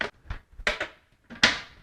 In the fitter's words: just snap right in and